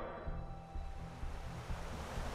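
Surging waves churn on a blood-red lake, stirred by a mighty voice, in a continuous hissing wash over a deep, rolling rumble, with a few heavier swells rising and falling. No one speaks.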